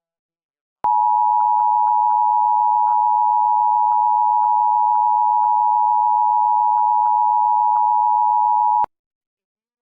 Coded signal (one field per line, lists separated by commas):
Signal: Emergency Alert System (SAME) tones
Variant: 853 and 960 Hz attention tone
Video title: San Francisco Required Monthly Test (EAS #1245-1257) 9/13/23